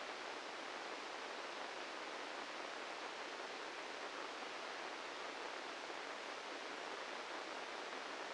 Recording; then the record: brain microelectrode recording played as sound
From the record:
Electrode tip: inside the subthalamic nucleus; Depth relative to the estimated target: -4 mm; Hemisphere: right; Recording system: NeuroSet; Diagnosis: Parkinson's disease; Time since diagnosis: 13 years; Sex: male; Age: 65 years